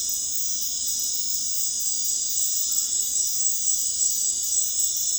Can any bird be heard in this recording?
no